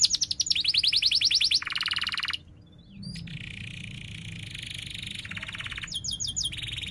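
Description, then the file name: Canary singing fast pulsed trills and buzzy rolls, a short pause partway, then more chirping trills, with a constant low hum beneath. Prolific 'gacor' singing canary with 'cuit-cuit' chirps and sharp rolling ('ngerol tajam') song. "Suara Kenari Gacor Cuit Cuit Ngerol Tajam"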